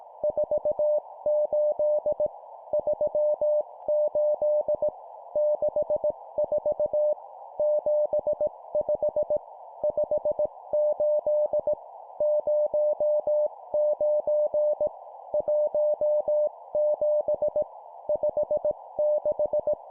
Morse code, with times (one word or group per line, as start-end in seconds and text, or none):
0.2-2.3 48
2.7-4.9 38
5.4-7.1 64
7.6-9.4 75
9.8-11.7 58
12.2-14.9 09
15.3-17.6 17
18.1-19.7 56